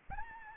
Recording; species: mosquito wingbeat signal from an infrared sensor; Anopheles arabiensis